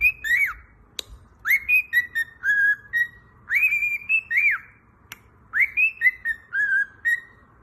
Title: Calopsitas Cantando Assobio